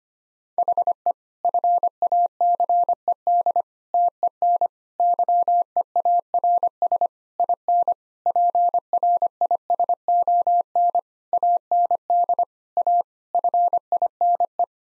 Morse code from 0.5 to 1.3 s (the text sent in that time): HE